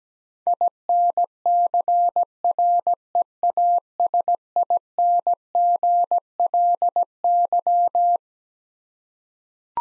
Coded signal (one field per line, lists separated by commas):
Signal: Morse code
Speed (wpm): 17 wpm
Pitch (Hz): 700 Hz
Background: none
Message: INCREASINGLY